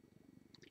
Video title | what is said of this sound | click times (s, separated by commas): Fancy Long Dangle Earrings | it's on there now you're going to just turn it till it clicks when it clicks you got it on there | 0.5 s